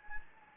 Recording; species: mosquito wingbeat signal from an infrared sensor; Anopheles gambiae